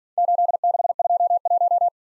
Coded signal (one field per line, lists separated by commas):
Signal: Morse code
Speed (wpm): 47 wpm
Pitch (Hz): 700 Hz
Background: none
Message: 8621